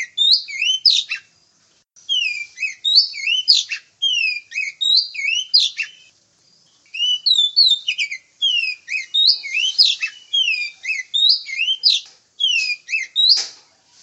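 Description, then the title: Oriental magpie-robin delivering long runs of sweet whistles and scratchy, buzzy chips, broken by brief pauses every few seconds. Female. "suara burung kacer betina"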